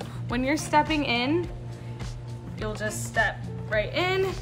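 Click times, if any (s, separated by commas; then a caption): none. A snowboard boot with a heel cleat is being stepped into a Burton Step-On snowboard binding's plastic/metal heel latch, where two sharp clicks would mean it is fully locked in. Over background music, someone talks while the boot is handled. Nothing has seated or clicked yet.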